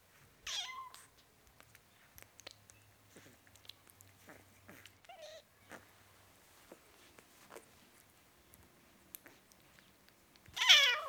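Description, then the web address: Cat: kitten meowing: a short squeaky mew at the start, a faint one midway, then a louder meow at the end, with quiet ticks between. Four-week-old kitten, meowing. "BBC Sound Effects Library (Cats) Four Week Old Kitten, Meowing"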